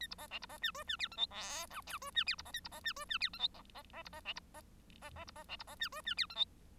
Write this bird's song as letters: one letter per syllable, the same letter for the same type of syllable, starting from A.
A B C D B C E F E G H I J K L F E G B C A B C E F E G H I C C C B C D B C C C B C D B C E F E G H I